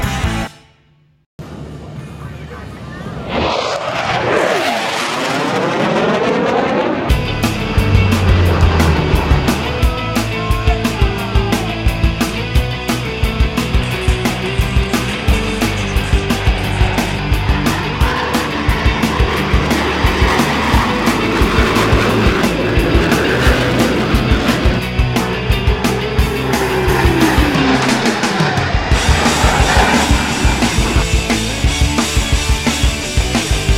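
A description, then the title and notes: Jet aircraft roar past at an air show, a sweeping pitch after a brief silence, then a dense, sustained roar with crackling bursts. The US Navy Blue Angels perform at SUN ‘n FUN.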